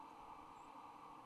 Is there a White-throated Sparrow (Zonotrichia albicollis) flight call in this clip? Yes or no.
yes